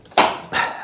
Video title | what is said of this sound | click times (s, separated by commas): Magene 715 power pedals - full review | nice strong positive click in and out of the cleats. | 0.2 s